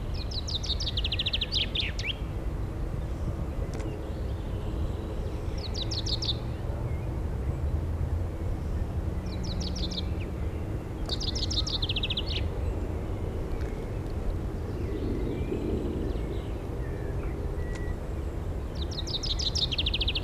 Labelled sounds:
Common Chaffinch song

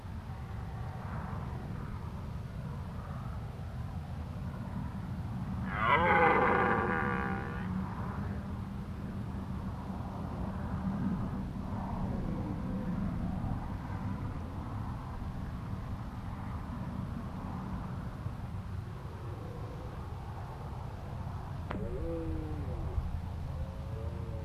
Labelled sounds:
Red Deer roaring

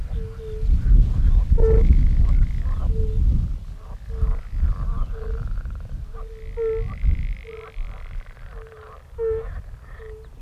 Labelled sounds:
Fire-Bellied Toad call

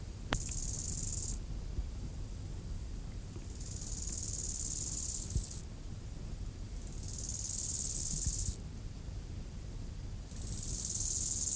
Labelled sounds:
Bow-winged Grasshopper stridulation

